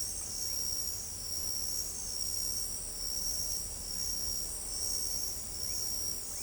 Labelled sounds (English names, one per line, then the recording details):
none
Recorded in pastures near Pivijay, Magdalena, Colombia, on 1 June 2023 at 01:30
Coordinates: 10.456, -74.369
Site P6-G026